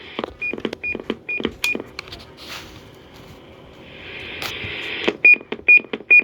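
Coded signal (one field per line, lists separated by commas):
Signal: roger beep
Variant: President Jackson CB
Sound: clicks and static, then three short high beeps, each after a key-release click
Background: radio static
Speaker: I think that is an awesome Roger beep from the old days.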